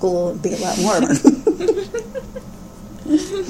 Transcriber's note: laughter